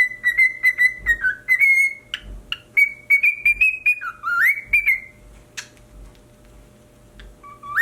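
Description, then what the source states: Cockatiel giving a long run of steady, slightly wavering whistles with sudden upward and downward jumps, interspersed with clicks and soft knocking. Pied cockatiel.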